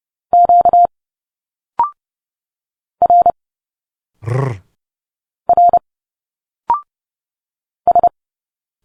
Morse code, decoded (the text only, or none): Q R R S